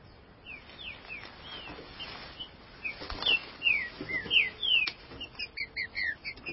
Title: Trinca Ferro